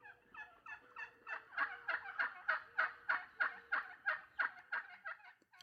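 Wild turkey calls: a steady run of hoarse, clucking notes, about three each second, growing louder and then fading at the end.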